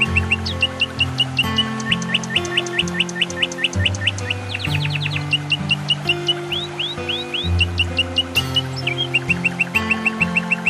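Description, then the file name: Canary song, bright rapid trills and repeated rising whistled sweeps in quick varied phrases, over low sustained tones that shift steadily underneath. Canary song combined with nature sounds. "suara kenari dan suara alam"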